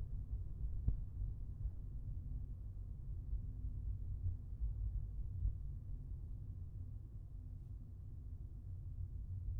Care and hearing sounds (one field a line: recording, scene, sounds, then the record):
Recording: everyday scene through a hearing-aid microphone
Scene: in a vehicle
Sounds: engine, traffic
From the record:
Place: Skoda Fabia, gasoline engine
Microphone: behind the ear, left, rear